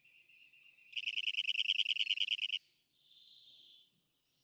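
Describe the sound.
Rock wren song, a soft thin note, then a rapid rhythmic trill of repeated syllables, followed by a faint buzzy tone.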